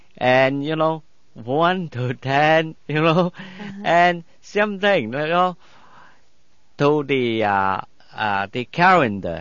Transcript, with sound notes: and, you know, one to ten, you know. ( he laughs ) And same thing, you know, to the calendar.